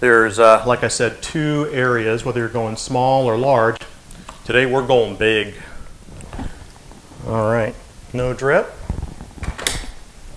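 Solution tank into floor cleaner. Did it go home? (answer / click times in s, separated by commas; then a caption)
yes / 9.7 s. Someone talks while a filled plastic water and formula bottle, the solution tank, is pushed into its dock on a floor cleaner. A few soft knocks and scrapes come just before a sharp click at 9.7 seconds as the tank snaps home and seats in place.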